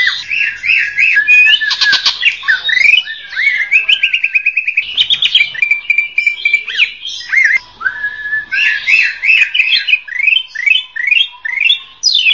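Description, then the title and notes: Leafbird song, dense and varied, with rattling trills, looping whistled notes and quick repeated chirps running on without a break. Champion-grade cucak ijo song. "Kicau Burung Cucak Ijo Juara. Suara kicauan burung cucak ijo"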